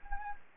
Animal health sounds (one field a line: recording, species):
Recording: mosquito wingbeat signal from an infrared sensor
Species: Anopheles gambiae